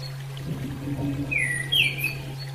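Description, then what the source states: Orange-headed thrush giving one quick pair of thin, downslurred chirps, with a constant low hum and faint watery trickling beneath. Female; therapy audio used for bird training.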